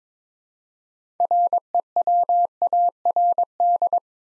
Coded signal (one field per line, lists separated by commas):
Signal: Morse code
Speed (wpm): 22 wpm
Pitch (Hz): 700 Hz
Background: none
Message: REWARD